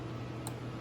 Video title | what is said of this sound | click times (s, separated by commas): Installing A Tesla Powered Frunk from Tesery | So, that's locked. It's a lot looser than the uh the OEM one, but | 0.5 s